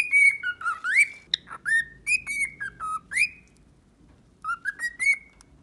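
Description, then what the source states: Cockatiel whistling a lively sequence of sliding, rising notes, a pause of about a second, then a few more whistles over soft steady noise. Cockatiel song for training a pet cockatiel to sing.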